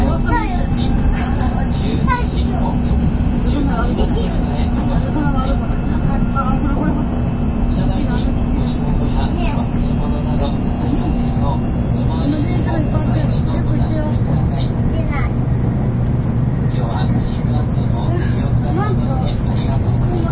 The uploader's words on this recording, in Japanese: 新幹線さくら号の走行音です。JR九州車両のN700系で収録。区間は、新神戸到着直前から新大阪到着までです。新幹線さくら号 新神戸から新大阪。